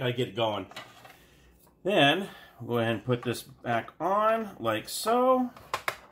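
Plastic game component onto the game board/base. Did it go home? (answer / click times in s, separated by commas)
yes / 5.9 s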